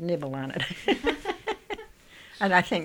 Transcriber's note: she laughs